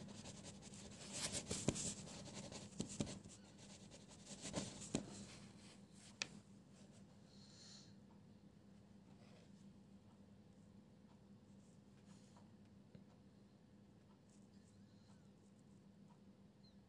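Pencil scribbles and page sounds come in quick, scratchy bursts through the first six seconds, with a few sharp taps among them. After that the strokes stop, leaving a steady low hum, a faint thin tone, and only occasional soft ticks.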